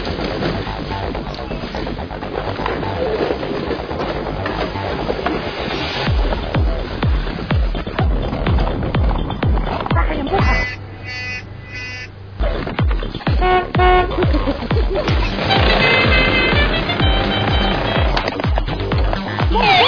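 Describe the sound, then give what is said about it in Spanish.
Traditional wooden go-karts roll over the road in Nanegalito in a steady, loud, gritty rumble with rattling clatters. Short honking toots break through midway and again near the end. “Hace 5 años que realizamos estas tradiciones y nuestro afán es que la cultura siga renaciendo aquí en Nanegalito, en especial lo que son los coches de madera.”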